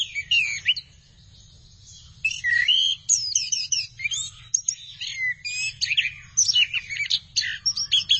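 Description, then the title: Thrush singing energetically: quick sequences of high whistles, twitters and slurred notes follow one another closely, with a short pause near the start. "burung anis x"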